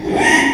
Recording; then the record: squeal of a Yucatan mini pig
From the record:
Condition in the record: after surgery on the right vocal fold (resection and tissue-engineered implant); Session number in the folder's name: 3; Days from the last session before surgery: 33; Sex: male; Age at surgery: 12 weeks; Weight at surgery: 13 kg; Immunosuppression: cyclosporine, prednisolone